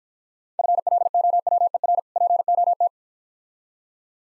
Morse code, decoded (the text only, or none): FLOWER POT